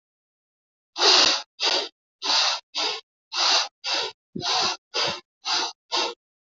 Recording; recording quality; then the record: shallow breathing; excellent, no background noise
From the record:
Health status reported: healthy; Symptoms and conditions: none ticked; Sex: male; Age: 33 years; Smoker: not ticked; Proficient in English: yes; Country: India